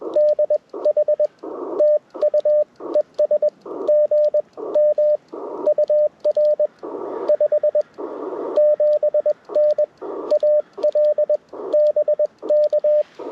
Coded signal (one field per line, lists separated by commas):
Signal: Morse code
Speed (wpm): 21 wpm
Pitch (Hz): 600 Hz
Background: radio noise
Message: DH TU ES GM UR 57N AL BK